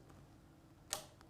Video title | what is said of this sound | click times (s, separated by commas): 🎄 CRICUT CHRISTMAS IN JULY DAY ✌🏽- SUPER EASY Christmas Gift Box You Can Make TODAY! 🎄 | till you hear it click Did You Haul hear that mhm listen really | 0.9 s